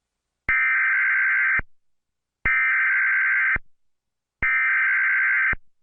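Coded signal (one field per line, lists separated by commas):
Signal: Emergency Alert System (SAME) tones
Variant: header bursts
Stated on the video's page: Mock tornado warning alert for Oklahoma City, a fan-made creation.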